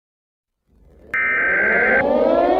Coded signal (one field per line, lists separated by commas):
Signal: Emergency Alert System (SAME) tones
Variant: header bursts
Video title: EAS scenario: Biohazard Fireworks (a 4th of July EAS scenario)